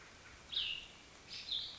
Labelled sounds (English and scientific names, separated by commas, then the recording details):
Cassin's Vireo (Vireo cassinii)
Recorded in Sonoma County, California